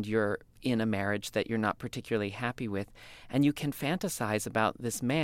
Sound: none

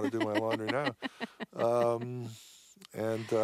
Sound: laughs

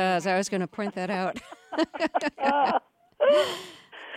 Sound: laughter

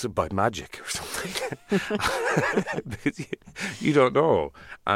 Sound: laughter

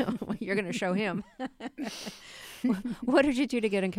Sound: laughter

